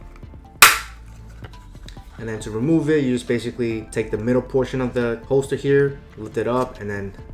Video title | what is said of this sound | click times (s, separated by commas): iPhone 15 Plus OtterBox Defender Series Case Black | going to hear a nice little click and you can use this as a kickstand | 0.6 s